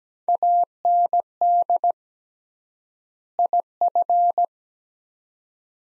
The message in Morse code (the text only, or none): AND IF